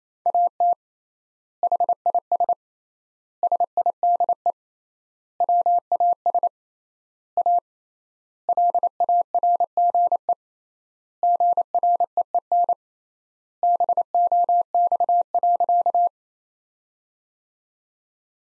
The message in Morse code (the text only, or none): AT HIS SIDE WAS A LARGE GREEN BOX.